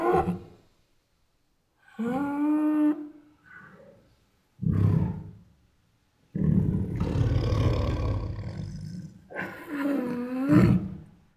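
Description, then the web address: Tiger growls in several rough bursts, some with harsh snarling tones rising and falling, separated by short pauses. Female tiger making many protective growls. "Sound Ideas Tigers Sound Effects. Female Tiger Makes Many Protective Growls"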